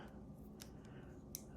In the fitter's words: Oh, that just locks in place like that.